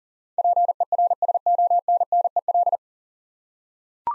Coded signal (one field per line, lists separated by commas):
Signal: Morse code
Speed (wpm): 40 wpm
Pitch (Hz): 700 Hz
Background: none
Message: PERSONNEL